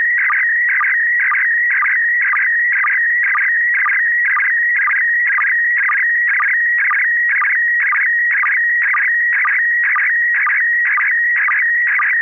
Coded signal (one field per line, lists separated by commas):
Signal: SSTV (slow-scan television)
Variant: PD 120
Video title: N6NA SSTV Net - 12/13/2023